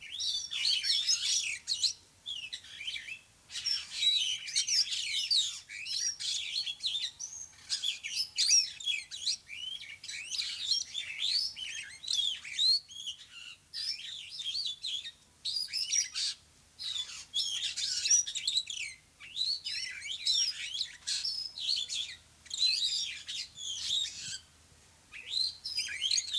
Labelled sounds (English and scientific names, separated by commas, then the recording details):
Superb Starling (Lamprotornis superbus) song
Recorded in captivity
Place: Zoo Berlin, Berlin, DE
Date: 2003-09-05 13:23
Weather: fair, ca. 22°C
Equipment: Fair Mate ST-1328 (Asahi Electronics, Japan), Sennheiser ME 80, Kopie Uher 4000 Report Monitor
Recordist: Tembrock, Günter
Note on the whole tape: Zwei Exemplare (Außenanlage): Gesang